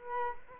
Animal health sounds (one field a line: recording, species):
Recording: mosquito wingbeat signal from an infrared sensor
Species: Culex quinquefasciatus